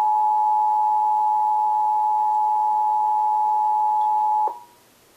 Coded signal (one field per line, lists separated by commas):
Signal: Emergency Alert System (SAME) tones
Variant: 853 and 960 Hz attention tone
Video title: Required Monthly Test #2 - 07/03/13 (TV EAS) (EAS #489)